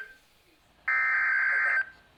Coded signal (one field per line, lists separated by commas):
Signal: Emergency Alert System (SAME) tones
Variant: header bursts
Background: speech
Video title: Part 1 Mega EAS ALERT EAS#141 - 149